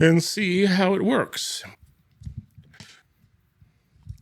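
Someone talks, then an old quick-release watch band is worked off the smartwatch's lugs by its quick-release latch, with a few faint ticks of handling. The band pops free with a click at 2.8 s, leaving it released from the smartwatch body.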